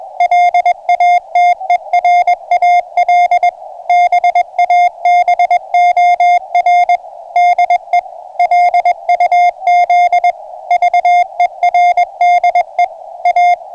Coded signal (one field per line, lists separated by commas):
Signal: Morse code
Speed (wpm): 22 wpm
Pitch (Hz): 710 Hz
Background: music, radio noise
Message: LATERAL BABOR DE LUZ VERDE A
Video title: Marinha Uruguaia CW 8.602 Khz - Aviso aos Navegantes: homem ao mar sem salva vidas.